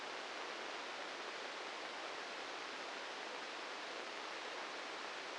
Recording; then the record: brain microelectrode recording played as sound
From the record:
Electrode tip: inside the subthalamic nucleus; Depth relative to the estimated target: -2 mm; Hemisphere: right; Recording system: NeuroSet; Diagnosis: Parkinson's disease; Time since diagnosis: 10 years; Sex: male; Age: 56 years